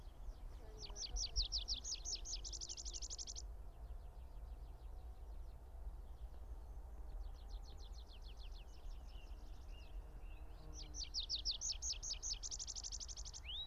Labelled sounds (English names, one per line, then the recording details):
Tree Pipit song
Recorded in the wild
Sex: male
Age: adult
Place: Hobrechtsfelder Rieselfelder, Naturpark Barnim, Brandenburg, DE
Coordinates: 52.6764, 13.5108
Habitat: open country
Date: 2006-04-20
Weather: fair, ca. 12°C, no wind
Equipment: Edirol R-4, Sennheiser MKH 70, Windkorb
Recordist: Frommolt, Karl-Heinz
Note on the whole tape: Ehemalige Rieselflächen südlich des NSG "Schönower Heide": Gesang eines Baumpiepers. Tier gesehen. Entfernung ca. 12 bis 15 m